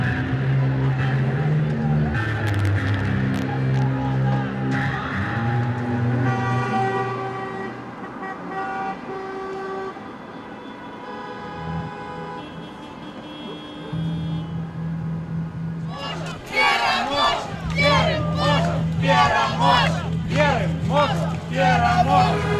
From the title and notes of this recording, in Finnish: Kaikki projektin äänet ovat aitoja, dokumentaarisia ääniä, jotka on nauhoitettu Valkovenäjällä meneillään olevissa mielenosoituksissa.